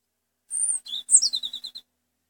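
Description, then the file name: European robin singing a short, high phrase: a thin sustained whistle, then a quick run of sliding, tinkling notes dropping in pitch, on a silent background. Gran Canaria subspecies, Erithacus rubecula marionae. "Pechuguero de Gran Canaria (Erithacus Rubecula Marionae)"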